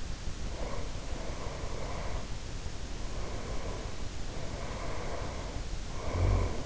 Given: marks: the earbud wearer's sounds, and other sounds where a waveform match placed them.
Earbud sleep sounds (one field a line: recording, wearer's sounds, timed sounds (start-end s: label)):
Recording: sounds in sleep by an in-ear microphone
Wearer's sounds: breath, snoring breath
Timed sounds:
0.27-2.25 s: breath
3.07-6.61 s: snoring breath